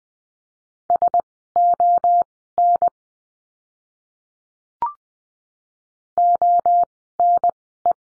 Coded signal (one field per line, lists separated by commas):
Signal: Morse code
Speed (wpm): 20 wpm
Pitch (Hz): 700 Hz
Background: none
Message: SON ONE